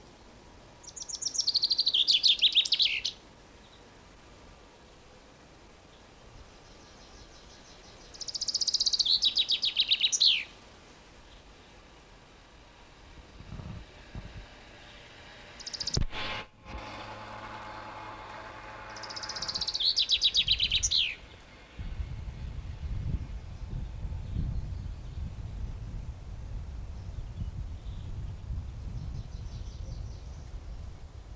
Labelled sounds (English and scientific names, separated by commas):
Common Chaffinch (Fringilla coelebs)